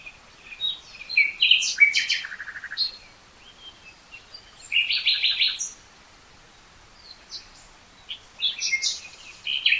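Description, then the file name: Common nightingale song in separate phrases: chattering mixed notes, a buzzy rattling burst, then more scattered sharp notes after a pause. "Luscinia megarhynchos"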